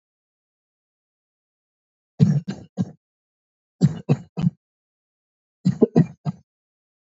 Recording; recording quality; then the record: shallow voluntary cough; moderate, slight background noise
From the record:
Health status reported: exposed to COVID-19, no respiratory illness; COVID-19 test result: negative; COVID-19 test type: RT-PCR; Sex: male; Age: 23 years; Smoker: no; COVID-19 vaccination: both doses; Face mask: worn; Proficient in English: yes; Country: India